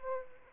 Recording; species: mosquito wingbeat signal from an infrared sensor; Aedes aegypti